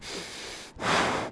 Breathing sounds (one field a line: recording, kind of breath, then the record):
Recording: one breath in and out by a microphone near the nose and mouth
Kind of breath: strong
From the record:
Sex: male